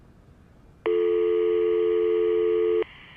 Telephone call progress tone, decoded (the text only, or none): dial tone